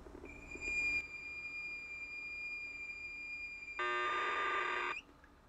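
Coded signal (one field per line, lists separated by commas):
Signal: computer data on cassette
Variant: Heathkit H8 cassette format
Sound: a steady high whistle for several seconds, then a harsh buzzing data warble for one second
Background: tape hiss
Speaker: just to verify it I'm going to go ahead and see if I have any audio on the tape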